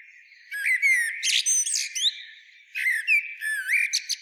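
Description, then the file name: Eurasian blackbird singing two phrases, each a mellow warbled opening running into a high, squeaky twittering flourish, with a short pause between. "Turdus merula"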